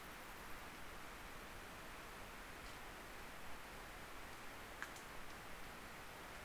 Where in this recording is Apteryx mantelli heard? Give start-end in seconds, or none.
none